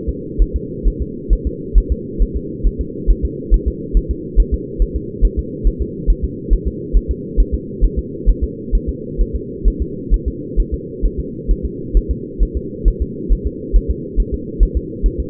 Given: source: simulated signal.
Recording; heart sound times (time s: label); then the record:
fetal heart sounds
0.09 s: S2
0.42 s: S1
0.56 s: S2
0.88 s: S1
1.02 s: S2
1.33 s: S1
1.47 s: S2
1.78 s: S1
1.92 s: S2
2.22 s: S1
2.36 s: S2
2.67 s: S1
2.81 s: S2
3.10 s: S1
3.25 s: S2
3.54 s: S1
3.68 s: S2
3.97 s: S1
4.11 s: S2
4.40 s: S1
4.54 s: S2
4.82 s: S1
4.96 s: S2
5.25 s: S1
5.39 s: S2
5.67 s: S1
5.82 s: S2
6.10 s: S1
6.24 s: S2
6.53 s: S1
6.67 s: S2
6.97 s: S1
7.11 s: S2
7.40 s: S1
7.54 s: S2
7.84 s: S1
7.99 s: S2
8.29 s: S1
8.44 s: S2
8.75 s: S1
8.89 s: S2
9.21 s: S1
9.35 s: S2
9.68 s: S1
9.82 s: S2
10.14 s: S1
10.28 s: S2
10.60 s: S1
10.74 s: S2
11.05 s: S1
11.20 s: S2
11.51 s: S1
11.65 s: S2
11.97 s: S1
12.11 s: S2
12.43 s: S1
12.57 s: S2
12.88 s: S1
13.02 s: S2
13.32 s: S1
13.47 s: S2
13.76 s: S1
13.91 s: S2
14.20 s: S1
14.34 s: S2
14.63 s: S1
14.77 s: S2
15.06 s: S1
15.20 s: S2
From the record:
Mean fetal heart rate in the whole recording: 135 bpm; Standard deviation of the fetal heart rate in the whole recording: 3 bpm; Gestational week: 36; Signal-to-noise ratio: -4.1 dB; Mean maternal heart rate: no maternal heart sound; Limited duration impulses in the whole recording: absent